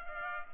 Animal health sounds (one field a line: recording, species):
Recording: mosquito wingbeat signal from an infrared sensor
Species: Culex pipiens